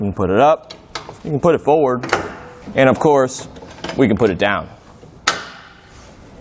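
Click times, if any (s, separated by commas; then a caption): 5.3 s. A Fulton snap-ring swivel marine trailer jack has its snap-ring pulled and is rotated into the down position on its mounting bracket while someone talks. A sharp, loud snap at 5.3 s marks the jack locking into place, followed by a short decay.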